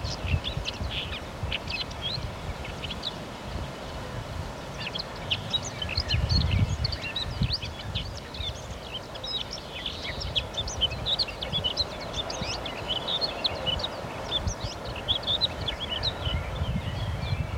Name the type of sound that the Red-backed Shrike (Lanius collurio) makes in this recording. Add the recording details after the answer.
song. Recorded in the wild. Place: Hörfeld, Hörfeld Moor, Steiermark, AT. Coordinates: 47.0317, 14.5064. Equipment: Uher 4100 Report-V. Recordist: Brunner, Thomas